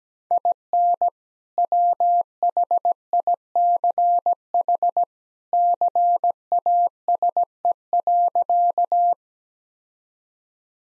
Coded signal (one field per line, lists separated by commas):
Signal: Morse code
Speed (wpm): 17 wpm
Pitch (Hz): 700 Hz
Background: none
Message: IN WHICH CASE.